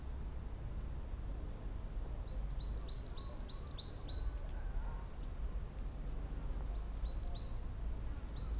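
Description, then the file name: Coal tit calls: thin, high two-part notes repeated in quick series, pausing, then resuming, over a steady low background hum. "tit-coal -Periparus-ater"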